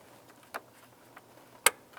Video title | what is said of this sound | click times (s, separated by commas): How to Replace Intake Gaskets 2010-2013 Ford Transit Connect | listen for a click give that a tug to make sure it's secured | 1.7 s